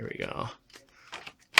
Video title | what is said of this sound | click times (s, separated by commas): Hoover Windtunnel Air Pro vs. Dyson DC41 Animal - FULL vacuum REVIEW and TEST! | and you know when it's going to stay there because it clicks and you have a little button to release it let me goad and pull that out | 1.6 s